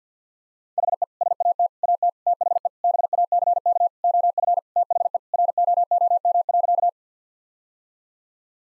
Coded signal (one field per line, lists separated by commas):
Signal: Morse code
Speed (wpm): 50 wpm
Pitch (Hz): 700 Hz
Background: none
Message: HE SAT AT THE BACK OF THE ROOM.